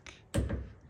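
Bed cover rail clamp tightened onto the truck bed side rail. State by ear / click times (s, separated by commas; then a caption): torque reached / 0.3 s. The rear clamp knob holding a tonneau truck bed cover to the truck bed side rail is turned tighter, with a faint brief tap near 0.1 s. A sharp, loud click with a low thud lands at 0.3 s, followed by a second fainter burst around 0.5 s. The clamp has clicked at its set tightness.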